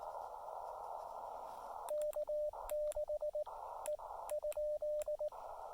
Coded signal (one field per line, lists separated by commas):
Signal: Morse code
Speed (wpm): 19 wpm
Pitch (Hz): 600 Hz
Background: radio noise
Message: K6 E ?